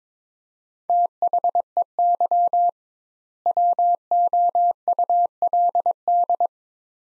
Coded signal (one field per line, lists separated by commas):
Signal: Morse code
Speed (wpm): 22 wpm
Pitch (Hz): 700 Hz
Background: none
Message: THEY WOULD